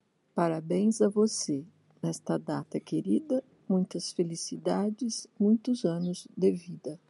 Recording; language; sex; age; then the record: short text; Brazilian Portuguese; female; 50 to 59 years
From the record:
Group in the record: control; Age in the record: 53 years